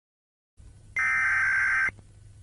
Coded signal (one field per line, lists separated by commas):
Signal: Emergency Alert System (SAME) tones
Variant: header bursts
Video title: Look up. (Eas)